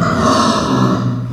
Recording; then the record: squeal of a Yucatan mini pig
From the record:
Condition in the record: after surgery on the right vocal fold (resection and tissue-engineered implant); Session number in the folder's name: 11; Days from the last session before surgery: 98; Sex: female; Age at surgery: 19 weeks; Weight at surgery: 25 kg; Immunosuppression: prednisolone